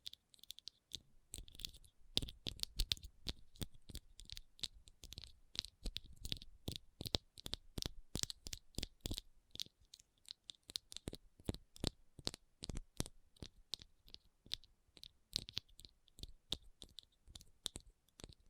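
Rhinestones are tapped and scratched in a quick, uneven run of sharp clicks and brief scrapes that carries through all nineteen seconds. The sounds are bright and crisp, packed densely with only tiny gaps, with a few harder taps standing out now and then.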